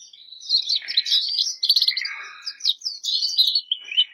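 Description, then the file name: Canary singing a rapid, varied warble of high chirps and short trills. Bernois breed canary, singing. "canto do canario bernois"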